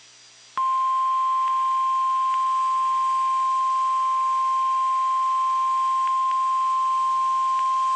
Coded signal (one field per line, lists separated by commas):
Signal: Emergency Alert System (SAME) tones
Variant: 1050 Hz attention tone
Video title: (VALID TONES) EAS Tornado Watch for Middle Tennessee! (05/08/24)